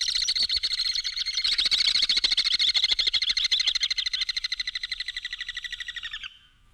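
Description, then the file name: Alpine swift trilling call, one long rapid chatter that swells, then gradually slows and fades before stopping abruptly after about six seconds. "Animal Alpine Swift"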